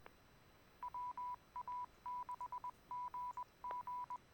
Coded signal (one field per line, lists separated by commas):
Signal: Morse code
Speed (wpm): 20 wpm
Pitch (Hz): 990 Hz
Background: none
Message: WA6GG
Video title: Ham Radio FM Streaming